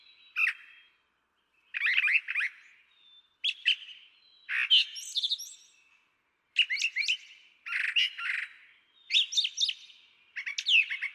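Brown Thrasher song with a long series of varied, harsh and chirpy phrases, some doubled, separated by brief pauses.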